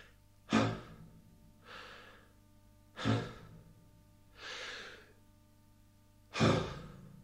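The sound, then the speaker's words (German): Three deep breaths in slow succession, each a sharp, loud, airy inhale followed by a softer, longer exhale, with a steady low hum underneath and no talking. “Blicke rasch zum Himmel auf und atme dreimal tief.”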